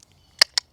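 A torque wrench set to about 7 Nm tightens a stem clamp bolt on a Beecool Bikes Bee Pathfinder fat tire e-bike. After near silence, the wrench gives a sharp click at 0.4 s as it reaches its setting, followed by a second similar sharp click at 0.6 s. The bolt is torqued to the set value.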